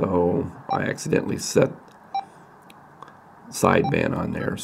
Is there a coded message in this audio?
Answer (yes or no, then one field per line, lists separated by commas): no